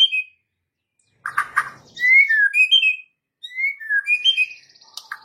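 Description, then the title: White-rumped shama song: rich whistled phrases and slurred notes around mid-high pitch, broken by a pause, with a few harsh chattering notes. Master training song, full rolling and shooting song style. "Masteran Murai Batu Full Ngerol Nembak"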